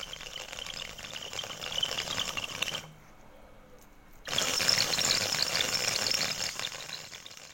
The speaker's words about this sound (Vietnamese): Ông cứ thế ngồi thở dài, lâu lâu lại nâng cái bi điếu cày lên, hút long sòng sọc. Tiếng điếu đến rát cả ruột, bút cả gan.